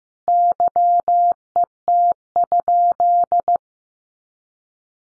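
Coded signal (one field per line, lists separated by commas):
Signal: Morse code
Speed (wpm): 15 wpm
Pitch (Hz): 700 Hz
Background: none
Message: YET?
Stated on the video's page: Morse code practice at 15 wpm: sentences built from the top 500 words, each sent in Morse, then spoken, then sent again, for head-copy training.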